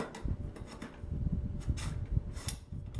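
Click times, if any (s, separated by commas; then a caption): 2.5 s. A lettered section of a Halloween animatronic prop frame is matched to its mating "B" section and pushed together, with light handling knocks and rustling before the joint snaps into place with a sharp click at 2.5 s. The section is seated.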